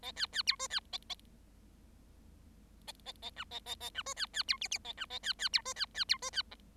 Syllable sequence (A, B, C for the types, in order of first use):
A B B C D B A A A A A E A A A E D B B C F F A E A B B C D B B C D B G